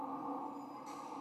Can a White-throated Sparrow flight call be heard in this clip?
no